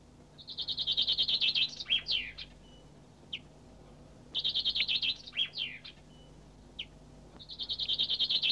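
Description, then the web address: Bird song phrases: a rapid buzzy trill followed by swooping falling notes and a single short note, the phrase repeated every few seconds over a faint low hum. "audio animali uccelli 03 uccelli birds 08"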